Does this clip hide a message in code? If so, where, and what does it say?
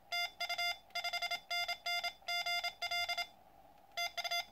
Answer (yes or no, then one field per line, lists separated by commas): yes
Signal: Morse code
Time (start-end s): 0.1-4.4 s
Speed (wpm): 36 wpm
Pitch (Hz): 2100 Hz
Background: none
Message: TU 5NN GL TU